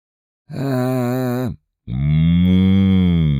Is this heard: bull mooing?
yes